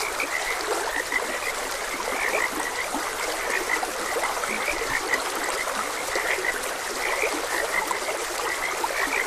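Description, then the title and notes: Frogs croaking together, rapid high notes repeating without pause over a gently flowing stream. Frogs croaking beside a gentle stream. "Frogs Croaking. Sleep and Relaxation Podcast"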